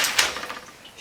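While a Maxi-Cosi Loola pushchair by Bebeconfort is being unfolded, a foot is pressed on the frame to clip the folding joint down into its locked position. A single sharp snap is heard at 0.2 s as the plastic and metal frame lock clips shut, followed by fainter rattles as it fades. The frame lock is seated.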